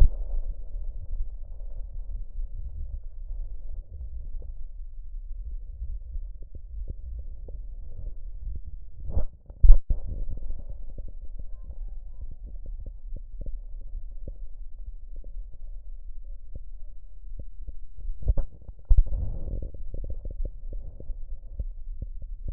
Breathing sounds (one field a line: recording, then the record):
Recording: lung sounds by stethoscope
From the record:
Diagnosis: chronic bronchitis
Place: left posterior upper chest